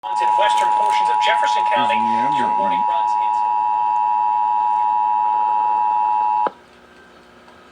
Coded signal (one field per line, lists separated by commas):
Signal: Emergency Alert System (SAME) tones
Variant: 853 and 960 Hz attention tone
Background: speech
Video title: Severe Thunderstorm Warning (7/13/21)(EAS 786)